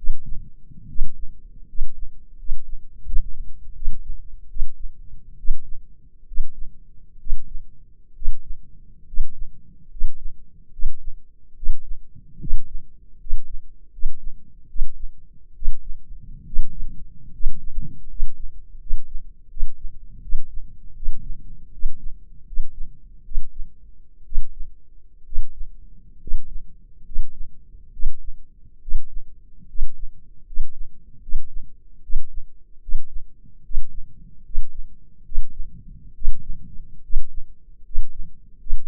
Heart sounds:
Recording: heart sounds by microphone in the left ear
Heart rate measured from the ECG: 73 bpm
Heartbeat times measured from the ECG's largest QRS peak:
0.87 s: heartbeat
1.66 s: heartbeat
2.37 s: heartbeat
3.04 s: heartbeat
3.74 s: heartbeat
4.48 s: heartbeat
5.37 s: heartbeat
6.26 s: heartbeat
7.18 s: heartbeat
8.14 s: heartbeat
9.05 s: heartbeat
9.89 s: heartbeat
10.71 s: heartbeat
11.55 s: heartbeat
12.39 s: heartbeat
13.18 s: heartbeat
13.91 s: heartbeat
14.67 s: heartbeat
15.54 s: heartbeat
16.45 s: heartbeat
17.32 s: heartbeat
18.07 s: heartbeat
18.79 s: heartbeat
19.48 s: heartbeat
20.21 s: heartbeat
20.94 s: heartbeat
21.71 s: heartbeat
22.45 s: heartbeat
23.24 s: heartbeat
24.24 s: heartbeat
25.24 s: heartbeat
26.19 s: heartbeat
27.04 s: heartbeat
27.91 s: heartbeat
28.80 s: heartbeat
29.67 s: heartbeat
30.45 s: heartbeat
31.20 s: heartbeat
32.01 s: heartbeat
32.80 s: heartbeat
33.63 s: heartbeat
34.43 s: heartbeat
35.23 s: heartbeat
36.13 s: heartbeat
37.02 s: heartbeat
37.83 s: heartbeat
38.58 s: heartbeat
From the record:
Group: healthy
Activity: rest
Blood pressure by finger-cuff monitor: 163/111 mmHg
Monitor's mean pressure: 122 mmHg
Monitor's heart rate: 72 bpm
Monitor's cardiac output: 6.1 L/min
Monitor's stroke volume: 85 mL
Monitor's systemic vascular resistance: 1490 dyn s/cm5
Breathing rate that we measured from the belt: 15 breaths a minute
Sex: male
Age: 23 years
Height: 179 cm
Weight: 87 kg

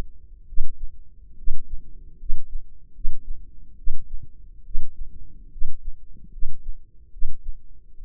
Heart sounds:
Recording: heart sounds by microphone in the left ear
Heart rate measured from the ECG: 72 bpm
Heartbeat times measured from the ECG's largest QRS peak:
0.47 s: heartbeat
1.37 s: heartbeat
2.18 s: heartbeat
2.94 s: heartbeat
3.77 s: heartbeat
4.64 s: heartbeat
5.51 s: heartbeat
6.31 s: heartbeat
7.11 s: heartbeat
7.96 s: heartbeat
From the record:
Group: healthy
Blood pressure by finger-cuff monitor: 99/51 mmHg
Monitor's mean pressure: 65 mmHg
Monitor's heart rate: 73 bpm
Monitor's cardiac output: 7.1 L/min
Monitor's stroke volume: 94 mL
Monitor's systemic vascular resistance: 670 dyn s/cm5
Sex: female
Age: 22 years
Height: 157 cm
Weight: 47.6 kg

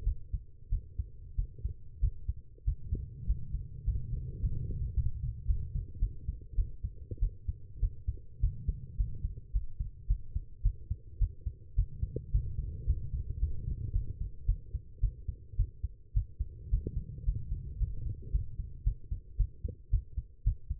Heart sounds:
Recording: heart sounds by stethoscope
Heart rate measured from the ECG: 106 bpm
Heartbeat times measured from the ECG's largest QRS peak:
0.04 s: heartbeat
0.70 s: heartbeat
1.36 s: heartbeat
2.01 s: heartbeat
2.65 s: heartbeat
3.27 s: heartbeat
3.85 s: heartbeat
4.41 s: heartbeat
4.95 s: heartbeat
5.47 s: heartbeat
6.00 s: heartbeat
6.56 s: heartbeat
7.20 s: heartbeat
7.80 s: heartbeat
8.41 s: heartbeat
8.97 s: heartbeat
9.53 s: heartbeat
10.08 s: heartbeat
10.63 s: heartbeat
11.19 s: heartbeat
11.76 s: heartbeat
12.32 s: heartbeat
12.87 s: heartbeat
13.40 s: heartbeat
13.93 s: heartbeat
14.46 s: heartbeat
15.01 s: heartbeat
15.57 s: heartbeat
16.14 s: heartbeat
16.70 s: heartbeat
17.25 s: heartbeat
17.79 s: heartbeat
18.32 s: heartbeat
18.84 s: heartbeat
19.37 s: heartbeat
19.90 s: heartbeat
20.44 s: heartbeat
From the record:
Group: healthy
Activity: rest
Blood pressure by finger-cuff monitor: 128/87 mmHg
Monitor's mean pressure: 99 mmHg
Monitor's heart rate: 107 bpm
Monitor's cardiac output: 7.8 L/min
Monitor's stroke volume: 73 mL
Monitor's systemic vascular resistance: 960 dyn s/cm5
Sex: female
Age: 19 years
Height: 163 cm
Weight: 51 kg

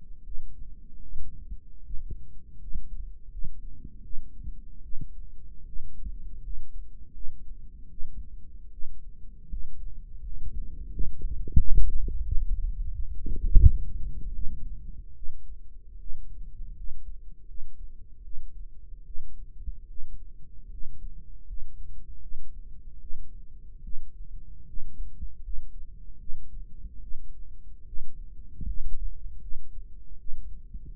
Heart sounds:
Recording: heart sounds by microphone in the right ear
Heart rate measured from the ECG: 78 bpm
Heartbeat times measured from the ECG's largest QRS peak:
0.23 s: heartbeat
1.01 s: heartbeat
1.83 s: heartbeat
2.59 s: heartbeat
3.30 s: heartbeat
4.03 s: heartbeat
4.82 s: heartbeat
5.65 s: heartbeat
6.42 s: heartbeat
7.13 s: heartbeat
7.89 s: heartbeat
8.71 s: heartbeat
9.49 s: heartbeat
10.22 s: heartbeat
10.90 s: heartbeat
11.56 s: heartbeat
12.23 s: heartbeat
12.91 s: heartbeat
13.61 s: heartbeat
14.33 s: heartbeat
15.15 s: heartbeat
15.99 s: heartbeat
16.75 s: heartbeat
17.46 s: heartbeat
18.23 s: heartbeat
19.05 s: heartbeat
19.88 s: heartbeat
20.70 s: heartbeat
21.46 s: heartbeat
22.21 s: heartbeat
23.00 s: heartbeat
23.83 s: heartbeat
24.66 s: heartbeat
25.42 s: heartbeat
26.18 s: heartbeat
27.01 s: heartbeat
27.86 s: heartbeat
28.66 s: heartbeat
29.40 s: heartbeat
30.18 s: heartbeat
From the record:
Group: healthy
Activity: rest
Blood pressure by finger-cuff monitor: 116/67 mmHg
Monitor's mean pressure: 80 mmHg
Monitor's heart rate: 78 bpm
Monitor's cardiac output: 7 L/min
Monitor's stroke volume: 90 mL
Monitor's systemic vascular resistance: 870 dyn s/cm5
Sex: female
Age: 22 years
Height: 160 cm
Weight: 63 kg

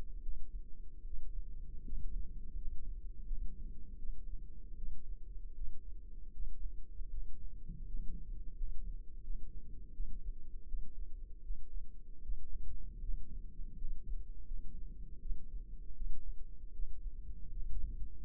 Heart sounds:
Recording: heart sounds by microphone in the left ear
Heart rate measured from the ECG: 80 bpm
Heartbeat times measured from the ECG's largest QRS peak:
0.20 s: heartbeat
1.02 s: heartbeat
1.83 s: heartbeat
2.55 s: heartbeat
3.23 s: heartbeat
3.96 s: heartbeat
4.75 s: heartbeat
5.52 s: heartbeat
6.30 s: heartbeat
7.08 s: heartbeat
7.85 s: heartbeat
8.53 s: heartbeat
9.20 s: heartbeat
9.91 s: heartbeat
10.65 s: heartbeat
11.41 s: heartbeat
12.20 s: heartbeat
12.99 s: heartbeat
13.74 s: heartbeat
14.44 s: heartbeat
15.18 s: heartbeat
15.93 s: heartbeat
16.70 s: heartbeat
17.48 s: heartbeat
18.23 s: heartbeat
From the record:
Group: healthy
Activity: rest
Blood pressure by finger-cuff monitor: 104/53 mmHg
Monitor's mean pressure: 71 mmHg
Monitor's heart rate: 78 bpm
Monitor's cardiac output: 7.1 L/min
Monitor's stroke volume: 90 mL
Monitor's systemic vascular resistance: 710 dyn s/cm5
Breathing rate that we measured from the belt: 11 breaths a minute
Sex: female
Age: 26 years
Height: 165 cm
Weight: 55 kg

